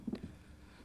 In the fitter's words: बस इतना सा काम करना है कोई लॉक वक करने की जरूरत नहीं पड़ेगी यह अपने आप ऑटोमेटिक लॉक हो जाएगी